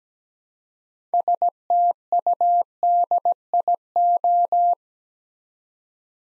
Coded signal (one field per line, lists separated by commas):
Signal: Morse code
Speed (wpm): 17 wpm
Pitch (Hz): 700 Hz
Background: none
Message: STUDIO